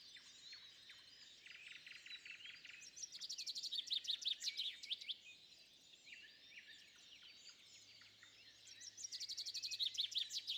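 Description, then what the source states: Birds chirping in a chorus, with quick repeated note bursts from about three to five seconds and again near the end. Bird calls recorded at sunrise.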